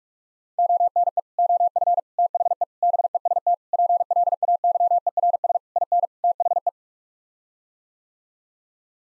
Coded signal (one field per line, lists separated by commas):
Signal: Morse code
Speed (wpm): 46 wpm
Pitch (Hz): 700 Hz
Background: none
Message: ONE OF THE BEST PLAYERS IN THE